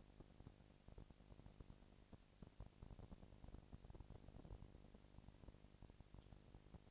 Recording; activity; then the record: daily activity, microphone in the room; no activity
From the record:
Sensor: 5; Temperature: 19.8 degrees Celsius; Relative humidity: 36.7%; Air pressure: 997.2 hPa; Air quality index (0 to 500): 169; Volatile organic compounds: 14 ppm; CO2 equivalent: 2439 ppm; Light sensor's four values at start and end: 2/3/1/1 and 2/3/1/1